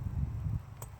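On a 2002-2006 MINI Cooper S (R53), an ignition coil / plug wire boot is pushed down the spark plug tube in the cylinder head over a low rumbling handling noise. At 0.8 s it gives a single short, sharp click as it locks onto the spark plug, confirming it is seated.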